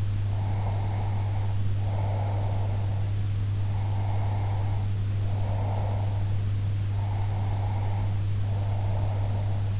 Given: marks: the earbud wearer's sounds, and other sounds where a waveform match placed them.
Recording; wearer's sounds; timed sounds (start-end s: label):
sounds in sleep by an in-ear microphone; breath
0.34-3.17 s: breath
3.68-6.29 s: breath
6.91-9.80 s: breath